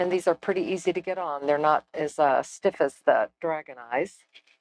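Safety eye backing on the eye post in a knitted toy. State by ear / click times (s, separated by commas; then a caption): not seated / none. A plastic backing washer is being handled to push onto the post of a plastic safety eye through the knitted fabric of a stuffed toy rabbit while someone talks throughout. Nothing has seated or clicked yet; the backing is not home by the end of the clip.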